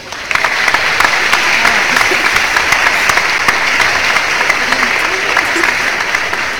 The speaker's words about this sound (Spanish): Esos son los aplausos espontáneos del público, ¿viste? El público de Cerro La Izquierda valoró tu participación.